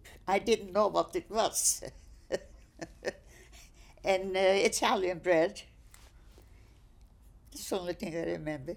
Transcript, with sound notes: I didn't know what it was. ( she laughs ) And, uh, Italian bread. That's the only thing I remember.